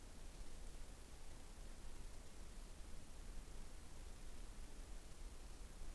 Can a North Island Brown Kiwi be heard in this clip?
no